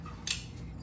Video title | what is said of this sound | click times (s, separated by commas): Snack Table | right beside your chairs you've got straps that extend and snap in place | 0.3 s